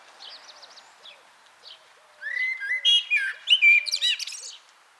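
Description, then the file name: Common blackbird: faint twittering at first, then a Common blackbird bursts into a loud fluted phrase topped with high scratchy squeaks; soft low notes repeat in the background. "Turdus merula"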